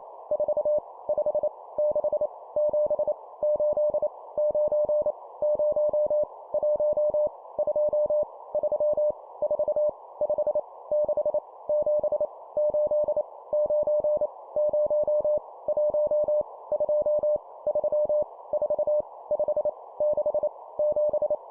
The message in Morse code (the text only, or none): 4 5 6 7 8 9 0 1 2 3 4 5 6 7 8 9 0 1 2 3 4 5 6 7